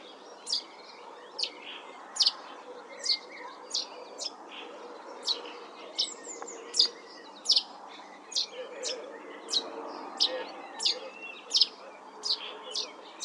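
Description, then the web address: Common chaffinch calls: short, sharp, high notes repeated many times at a steady pace, less than a second apart.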